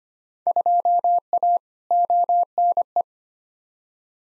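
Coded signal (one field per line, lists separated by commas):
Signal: Morse code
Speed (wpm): 25 wpm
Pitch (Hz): 700 Hz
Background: none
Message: 2A ONE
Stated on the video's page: Morse code practice of Field Day exchanges at 25 wpm for head-copy, each sent, spoken, then sent again; exchanges weighted roughly by 2019 participation.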